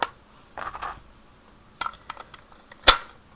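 Cartridges are pressed one by one into an AR-15 rifle magazine, with a sharp click at the start, a cluster of rustling clicks around 0.6 to 0.9 seconds, and lighter ticks in between. The rounds snap into the magazine with crisp, loud clicks at 1.8 and 2.9 seconds, seating without trouble.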